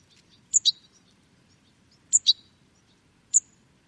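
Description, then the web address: Bird giving bright, high double chips, then a single chip, with faint scattered ticking notes between them. "Deverinetal. Bird Only"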